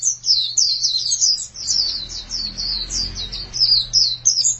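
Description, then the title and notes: White-eye song, a fast run of high sweet twittering notes flowing without pause, over a low rumbling hum. "Suara kicauan burung pleci"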